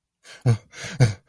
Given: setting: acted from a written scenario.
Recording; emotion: vocal sound without words; distress